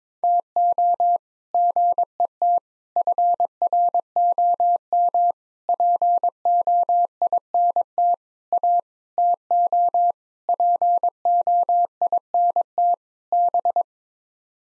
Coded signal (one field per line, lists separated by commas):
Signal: Morse code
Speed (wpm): 22 wpm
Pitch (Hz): 700 Hz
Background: none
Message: TO GET FROM POINT A TO POINT B